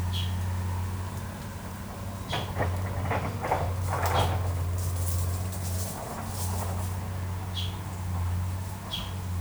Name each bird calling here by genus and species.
Pitangus sulphuratus